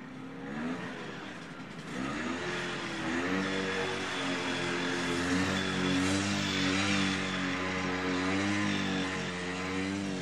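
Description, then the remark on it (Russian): A loud, continuous Yamaha engine drone with stacked harmonic tones that waver and rise slightly in pitch, a steady rumbling hum that never stops and has no voices. “Внезапно в шум двигателя вкрался какой-то посторонний звук.”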